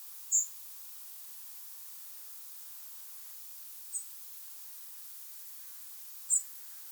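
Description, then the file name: European robin giving thin, very high calls: three short notes, well spaced over several seconds, over steady hiss. "Erithacus rubecula"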